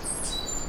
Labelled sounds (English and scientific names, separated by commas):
Stitchbird (Notiomystis cincta) song